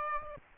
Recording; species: mosquito wingbeat signal from an infrared sensor; Aedes aegypti